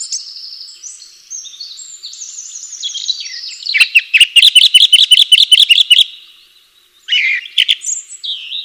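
Bird song starting with high warbled and whistled phrases, then a fast run of repeated chirps, a brief pause, and more scratchy twittering notes.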